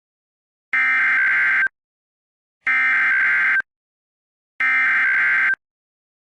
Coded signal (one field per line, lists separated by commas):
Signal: Emergency Alert System (SAME) tones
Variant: header bursts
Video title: EAS #22: Special Marine Warning due to severe thunderstorms in the coastal waters of PR.